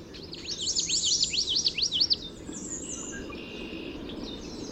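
Common Yellowthroat song, a fast run of repeated high wavering phrases lasting about two seconds, then faint other bird notes over a constant noisy background.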